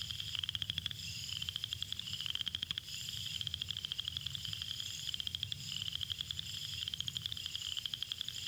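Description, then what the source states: Southern chorus frog calls, rasping pulsed trills in several short bursts, each a quick series of clicky notes. Males calling from concealed positions; Florida, mainly pinelands; winter breeder over most of range, often spring and early summer in South Florida; call like a thumb run slowly down a comb's larger teeth.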